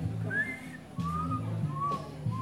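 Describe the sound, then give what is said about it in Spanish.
At Charca de Guarinó in Magdalena, a person whistles a short series of thin, gliding tones imitating the call of the perico ligero bird, each rising then falling, separated by brief pauses over a low steady hum. “Es el perico ligero de pluma que llama. ¿Puede hacer el canto otra vez, por favor? El silba.”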